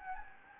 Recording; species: mosquito wingbeat signal from an infrared sensor; Anopheles gambiae